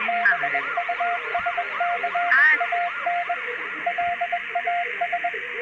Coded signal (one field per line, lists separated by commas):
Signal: Morse code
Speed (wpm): 20 wpm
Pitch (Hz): 700 Hz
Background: music, radio noise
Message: BUSKANLAS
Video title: EAS Scenario: Spain Invaded Morocco: (Morocco EAS: Agust 6 1940)